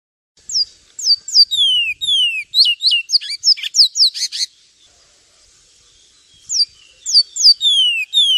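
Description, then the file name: Javan tesia giving a quick high song of falling whistles and buzzy chips, a pause of about two seconds, then the same whistled phrase starting again. "suara burung twatwa omkicau"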